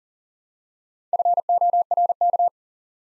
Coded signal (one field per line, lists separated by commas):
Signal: Morse code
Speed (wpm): 42 wpm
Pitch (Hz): 700 Hz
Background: none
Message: FORK